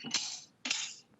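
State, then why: Seated. Someone unfolds the folding steel frame of a garden kneeler seat and snaps it open. Two bright metallic clacks are heard, one near 0.1 s and a louder one at 0.7 s, each with a short ringing tail. The frame locks open at 0.7 s.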